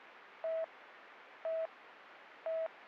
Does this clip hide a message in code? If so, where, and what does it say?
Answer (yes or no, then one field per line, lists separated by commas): no